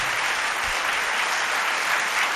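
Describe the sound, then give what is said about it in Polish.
An audience claps steadily to welcome two more musicians onto the stage, a dense, even wash of many hands with no pauses and no voices, holding at a constant loudness throughout. “Przywitajmy ich wielkimi brawami.”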